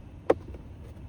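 On a BYD Sealion 6, a twist-lock plastic fastener on the interior trim panel covering the SIM tray is twisted and the panel is pulled free. A single sharp click sounds at 0.3 s, followed by a faint tap at 0.5 s, and the fastener is released.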